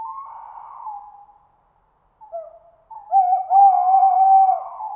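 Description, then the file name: Tawny owl hooting: a fading wavering note, a pause, then short broken notes leading into a long, loud, quavering hoot. "Chouette hulotte"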